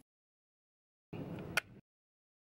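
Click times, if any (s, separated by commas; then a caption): 1.6 s. A 20 V lithium battery pack slides into the handle of a Black & Decker MTC220 12-inch cordless 3-in-1 trimmer, edger and mower, and is pushed until it snaps home. After a stretch of sliding and scraping noise starting around 1.1 s, a sharp, loud snap is heard at 1.6 s, and the battery is seated.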